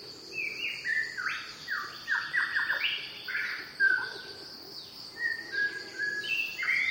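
Shama song of short whistled notes and trills that step up and down in pitch, with brief pauses between phrases and a buzzing insect chorus behind.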